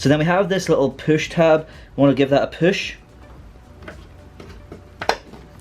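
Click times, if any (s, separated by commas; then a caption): 5.0 s, 5.1 s. Someone talks, then presses the small push tab on a hydraulic bonnet strut bracket into its mount in the engine bay of a Mk3 Focus RS so the bracket locks through its slot. A few faint knocks follow, then a sharp double click at 5.0 and 5.1 seconds as the tab clicks into place and the bracket seats, nicely aligned.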